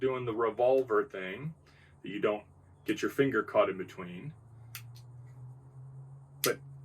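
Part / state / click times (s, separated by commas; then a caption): rotating blade/saw assembly locking into folding hunting knife handle / seated / 6.4 s. Someone talks while rotating the blade-and-saw assembly of a SOG Hunter Revolver folding hunting knife around on its glass-reinforced nylon handle, with faint ticks near 4.8 and 5.0 s. At 6.4 s the assembly locks into place with a single sharp click, held by the locking lever.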